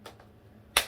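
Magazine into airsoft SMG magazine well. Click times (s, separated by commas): 0.8 s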